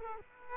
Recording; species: mosquito wingbeat signal from an infrared sensor; Culex quinquefasciatus